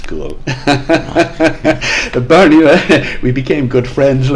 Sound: laughs